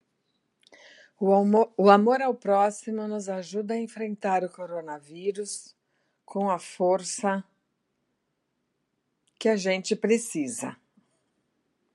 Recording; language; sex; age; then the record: spoken sentence; Brazilian Portuguese; female; 60 to 69 years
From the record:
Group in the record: control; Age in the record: 69 years